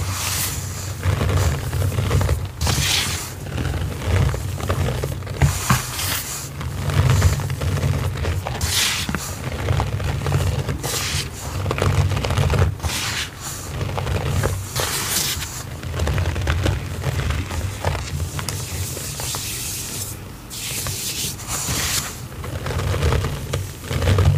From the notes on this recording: pouring, cornstarch squeaks, squishy paste, and oddly satisfying mixing sounds